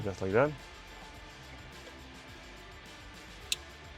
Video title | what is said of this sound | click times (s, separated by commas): Upgrade Your Kia Soul 2014–2016 with Plug & Play Remote Start | There you go. And make sure you hear the click. | 3.5 s